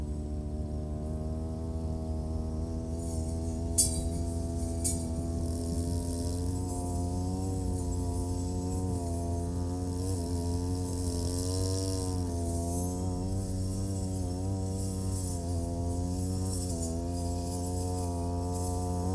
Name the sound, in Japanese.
ひたすら草刈り機で草刈り